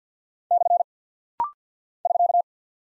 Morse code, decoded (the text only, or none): / <SK>